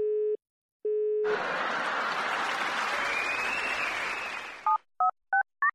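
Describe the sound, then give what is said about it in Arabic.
Two steady, low telephone busy-tone beeps give way to a long wash of crackly, applause-like noise, then four quick two-pitch keypad dialing tones ring out in sequence as a live radio show phones its guest. “ما عارش هل غلطينا احنا في النمرو؟”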